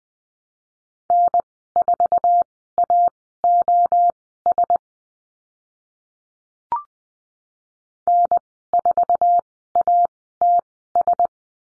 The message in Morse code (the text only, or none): N4AOS N4ATS